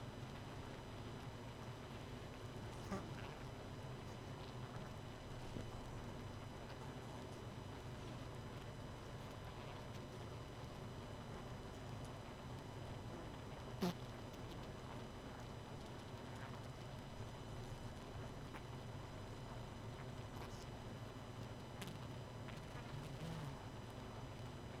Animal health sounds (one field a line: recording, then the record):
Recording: honeybee colony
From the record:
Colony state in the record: missing queen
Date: 31 May 2018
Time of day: 23:08